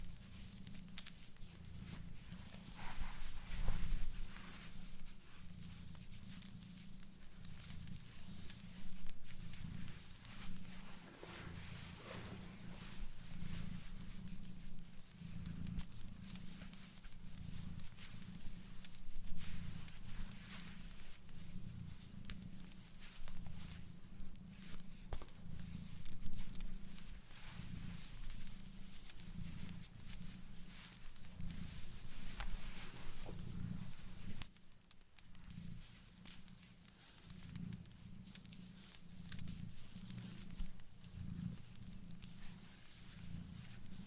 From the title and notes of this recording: ASMR Blanket Knitting To Put You To Sleep No Talking.